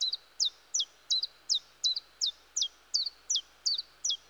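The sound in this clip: Common chiffchaff song: a run of many crisp, high notes at an even pace.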